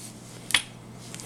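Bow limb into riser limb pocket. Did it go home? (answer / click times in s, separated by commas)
yes / 0.5 s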